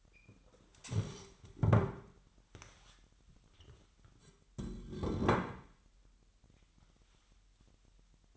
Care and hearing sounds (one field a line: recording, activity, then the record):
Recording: daily activity, microphone in the room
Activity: stand up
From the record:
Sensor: 3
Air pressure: 998.6 hPa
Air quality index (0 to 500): 128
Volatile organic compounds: 3 ppm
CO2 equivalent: 1530 ppm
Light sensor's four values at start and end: 7/17/7/8 and 7/17/7/8